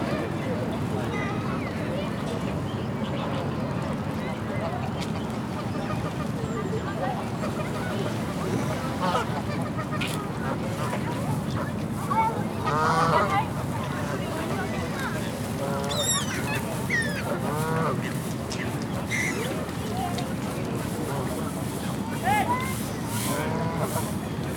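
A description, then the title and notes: Birds gather in a park, chirping and calling in quick bright bursts that grow busier around the middle and again after fifteen seconds. Beneath them runs a steady low rumble of traffic, with a murmur of voices in the background. Feeding Birds in the Park.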